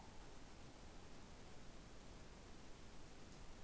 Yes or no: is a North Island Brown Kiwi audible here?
no